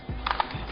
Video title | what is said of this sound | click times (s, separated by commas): education.flv | Goes down until it clicks. | 0.3 s, 0.4 s